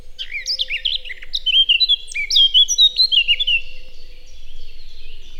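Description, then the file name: Eurasian blackcap song, quick chattering notes running into louder, clear, fluty whistled phrases, then soft trailing notes over a low steady hum. "Sylvia atricapilla"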